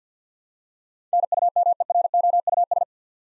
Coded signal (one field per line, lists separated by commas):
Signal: Morse code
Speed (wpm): 50 wpm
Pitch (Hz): 700 Hz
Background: none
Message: NUMEROUS